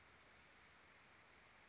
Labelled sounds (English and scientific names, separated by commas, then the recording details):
Western Flycatcher (Empidonax difficilis)
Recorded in Sonoma County, California